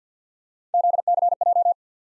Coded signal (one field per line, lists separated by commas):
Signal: Morse code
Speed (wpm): 50 wpm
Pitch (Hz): 700 Hz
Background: none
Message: ZCJ